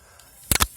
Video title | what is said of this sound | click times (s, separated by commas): Replacing the ignition switch on a 1998 Chevy S10. | snaps into there so | 0.5 s, 0.6 s